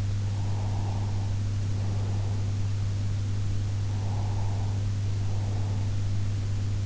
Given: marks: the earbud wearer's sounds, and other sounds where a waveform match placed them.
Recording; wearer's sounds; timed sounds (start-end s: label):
sounds in sleep by an in-ear microphone; breath
0.28-2.77 s: breath
3.77-6.20 s: breath